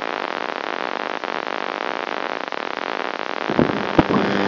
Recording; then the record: brain microelectrode recording played as sound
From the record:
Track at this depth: outside the subthalamic nucleus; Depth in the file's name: 0.004 mm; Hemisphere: right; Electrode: 2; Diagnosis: Parkinson's disease